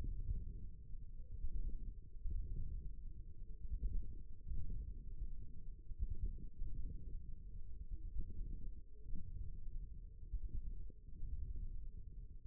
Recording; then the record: forearm muscle sounds (acoustic myography)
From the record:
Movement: wrist flexion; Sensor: system 1, eight BSWA MPA416 microphones around the upper forearm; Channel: 2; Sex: male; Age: 54 years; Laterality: right